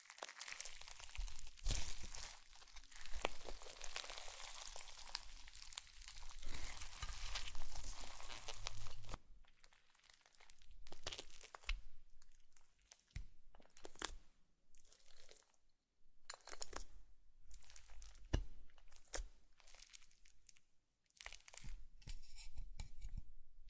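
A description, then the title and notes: Slime being squished and crinkled: a dense, steady crackling wash for nine seconds, then irregular bursts of crunchy pops separated by brief pauses. ASMR Slime - SO Satisfying - ( No Talking).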